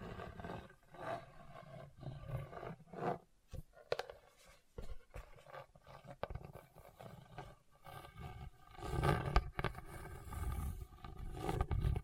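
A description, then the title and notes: Something scrapes roughly across a hard, bumpy surface in uneven bursts, a coarse grinding rasp broken by sharp knocks and clicks. The strokes come irregularly with short pauses, growing louder and denser around nine seconds and again near the end. ASMR Hard and Bumpy Surface Scratching (No Talking).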